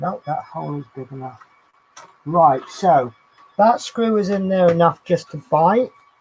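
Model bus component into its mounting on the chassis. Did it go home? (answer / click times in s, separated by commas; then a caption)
no / none. A component of a die-cast/plastic model Routemaster bus is handled against its mounting on the chassis while someone talks over faint handling noise. The part has not seated or clicked into place yet.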